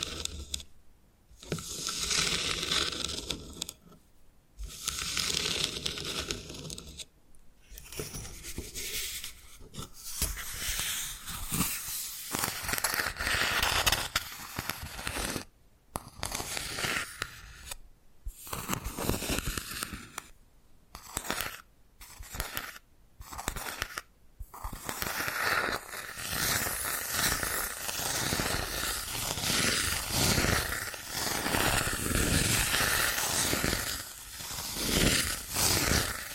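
Bamboo is scratched and brushed in dense, rustling bursts broken by short silences, with quicker tapping strokes and sharper clicks in the final stretch.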